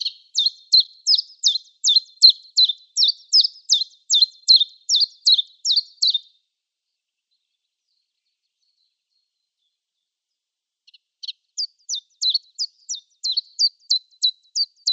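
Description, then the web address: Common chiffchaff song, a long string of high, clipped notes, a silent gap of several seconds, then a second string of notes. "Schulze Peter Common Chiffchaff song"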